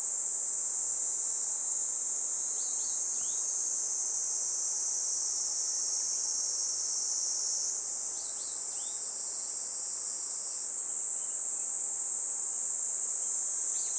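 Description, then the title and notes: Kaempfer cicadas droning in a continuous high buzz, with clusters of short bird chirps now and then. Chorus of Kaempfer cicadas that had just begun singing in a forest by the Tama River in summer, with birds also singing. "多摩川の森、ニイニイゼミたちの合唱"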